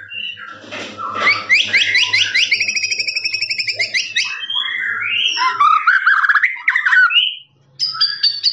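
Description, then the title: Lovebird trilling song: a long, fast, even trill of repeated notes lasting several seconds, then chattering notes, a short gap and a final high whistle. Lovebird's long ngekek trill, master recording used for training birds. "FULL DURASI MASTERAN LOVEBIRD NGEKEK PANJANG"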